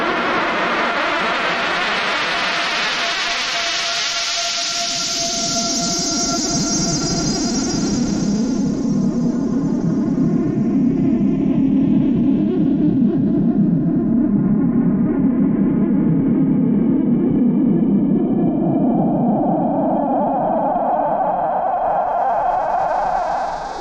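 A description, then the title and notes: A granulated noise sketch: a dense, buzzing grainy texture like a swarm of insects, holding steady in level throughout. Early on a bright hissing layer slowly sinks and fades, while the low-mid buzz thickens midway and a higher whine rises near the end. Granulated Noise Sketch - SuperCollider. The important part here is the sound file that is being granulated, which has quite rich content.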